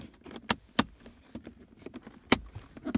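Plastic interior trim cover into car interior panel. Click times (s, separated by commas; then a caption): 0.5 s, 0.8 s, 2.3 s. A plastic interior trim cover is pressed back over a hidden storage compartment in a BMW E60 interior panel. Sharp clicks ring out at 0.5, 0.8 and 2.3 seconds amid faint rustling and handling noise, as the trim panel's clips snap home and the cover is seated.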